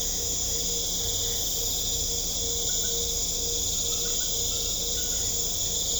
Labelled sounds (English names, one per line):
none